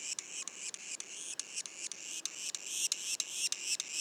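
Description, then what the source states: Yellow-bellied sapsucker juvenile calls: harsh, buzzy, high notes in a rapid, slightly irregular pulsing series. Juveniles, Mont-Orford National Park, Quebec.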